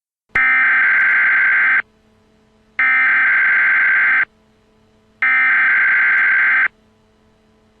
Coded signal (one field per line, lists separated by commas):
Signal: Emergency Alert System (SAME) tones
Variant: header bursts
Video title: EAS - Night of the Twisters